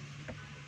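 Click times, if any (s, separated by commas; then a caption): 0.3 s. A lock clip is pressed into the housing of a DeWalt DW566 rotary hammer, and it clicks once at 0.3 s over a steady low hum. That one side of the housing lock is now seated, but the other side is not in yet.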